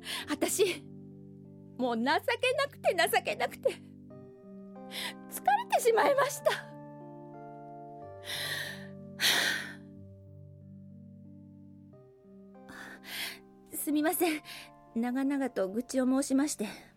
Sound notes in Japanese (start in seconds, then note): 6.5 やや・間; 9.2 吐息